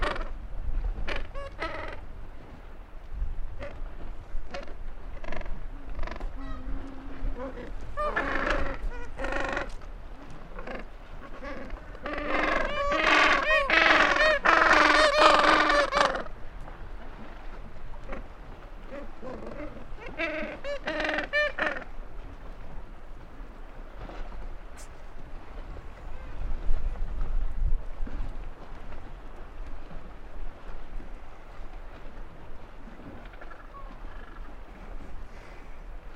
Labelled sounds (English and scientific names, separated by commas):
Gentoo Penguin (Pygoscelis papua) call